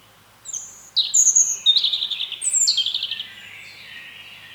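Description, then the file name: European robin song: a few sharp high notes, then two quick descending trilled runs and a soft, fading warble. "Erithacus rubecula"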